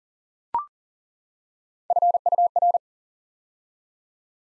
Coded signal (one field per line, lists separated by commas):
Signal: Morse code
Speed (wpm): 40 wpm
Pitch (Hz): 700 Hz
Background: none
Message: FUR